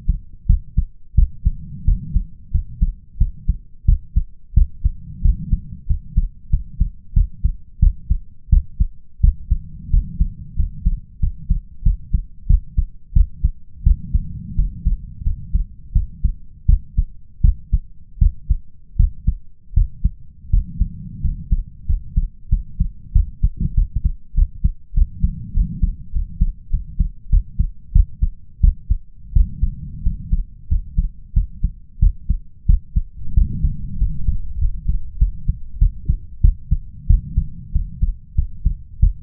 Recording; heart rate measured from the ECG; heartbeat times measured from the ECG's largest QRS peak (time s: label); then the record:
heart sounds by stethoscope; 90 bpm
0.46 s: heartbeat
1.14 s: heartbeat
1.84 s: heartbeat
2.51 s: heartbeat
3.17 s: heartbeat
3.85 s: heartbeat
4.53 s: heartbeat
5.21 s: heartbeat
5.86 s: heartbeat
6.49 s: heartbeat
7.13 s: heartbeat
7.79 s: heartbeat
8.49 s: heartbeat
9.20 s: heartbeat
9.90 s: heartbeat
10.55 s: heartbeat
11.19 s: heartbeat
11.82 s: heartbeat
12.46 s: heartbeat
13.12 s: heartbeat
13.83 s: heartbeat
14.55 s: heartbeat
15.23 s: heartbeat
15.92 s: heartbeat
16.65 s: heartbeat
17.41 s: heartbeat
18.18 s: heartbeat
18.96 s: heartbeat
19.73 s: heartbeat
20.49 s: heartbeat
21.20 s: heartbeat
21.85 s: heartbeat
22.48 s: heartbeat
23.12 s: heartbeat
23.74 s: heartbeat
24.34 s: heartbeat
24.93 s: heartbeat
25.53 s: heartbeat
26.12 s: heartbeat
26.70 s: heartbeat
27.29 s: heartbeat
27.92 s: heartbeat
28.60 s: heartbeat
29.32 s: heartbeat
30.02 s: heartbeat
30.67 s: heartbeat
31.33 s: heartbeat
31.99 s: heartbeat
32.65 s: heartbeat
33.33 s: heartbeat
33.97 s: heartbeat
34.58 s: heartbeat
35.18 s: heartbeat
35.78 s: heartbeat
36.41 s: heartbeat
37.06 s: heartbeat
37.72 s: heartbeat
38.35 s: heartbeat
38.99 s: heartbeat
From the record:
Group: healthy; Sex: male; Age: 21 years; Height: 180 cm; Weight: 67.5 kg